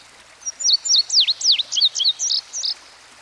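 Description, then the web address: Indigo bunting with a single clear song of high, doubled notes, dipping downslurs mid-phrase and quick paired notes at the close, over a faint, steady rushing hiss. Indigo bunting recorded by a stream. "Dan Gibson Songbirds By The Stream. Indigo Bunting"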